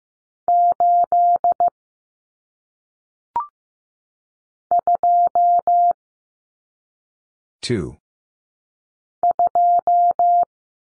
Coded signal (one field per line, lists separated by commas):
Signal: Morse code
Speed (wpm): 15 wpm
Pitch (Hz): 700 Hz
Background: none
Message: 8 2 2